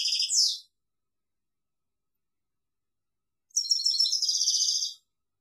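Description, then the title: European goldfinch song: a short high twittering burst, then after three seconds of silence a longer tinkling, buzzy trill of rapid notes lasting about a second and a half. "Chant Chardonneret"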